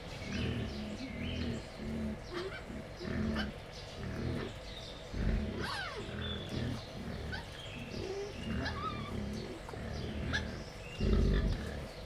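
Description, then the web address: Wild boar grunting in short, deep, repeated bursts, with thin high squeals and chirps scattered above. Captive wild boar at Jászberény Zoo, excited before feeding, recorded 28 April 2015. "jaszberenyizoo 2015 professzionalis vaddiszno"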